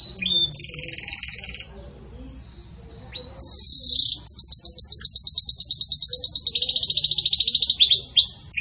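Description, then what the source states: Canary song: a high buzzy note, a pause, then long fast trills of rapid repeated notes, shifting pitch slightly downward near the end. Pure "campainha" song style delivered with pauses, for training.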